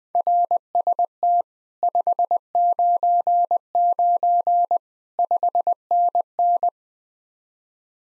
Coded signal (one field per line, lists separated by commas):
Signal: Morse code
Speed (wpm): 20 wpm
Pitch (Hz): 700 Hz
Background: none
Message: RST 599 5NN